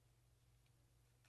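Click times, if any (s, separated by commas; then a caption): none. The safety lever and an arm of the trigger assembly are pressed at the same time to fit the safety lever assembly into the lower of a Ruger-57 pistol during a short stroke trigger and spring kit installation. Only a steady low hum and faint handling noises are heard, with brief soft scrapes around 0.7 s and 1.2 s. Nothing has seated or clicked yet.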